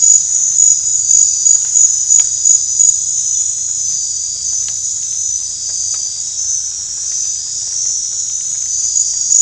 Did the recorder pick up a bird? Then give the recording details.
no. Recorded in dense forest near Puerto Asís, Putumayo, Colombia, on 22 December 2024 at 21:30. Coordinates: 0.468, -76.322. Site G071